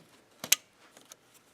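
A plastic alternator wiring connector is pushed into its socket on the alternator, with a short scrape at 0.4 s before a sharp click at 0.5 s as it seats. A few faint, softer ticks follow around 1.0 and 1.1 s.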